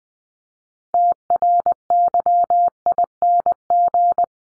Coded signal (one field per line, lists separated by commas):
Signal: Morse code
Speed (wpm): 20 wpm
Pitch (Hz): 700 Hz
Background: none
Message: TRYING